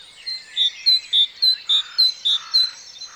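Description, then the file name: Great tit calling: a clear, pure note repeated rapidly in a steady run, with faint twittering from other birds behind. "Parus major"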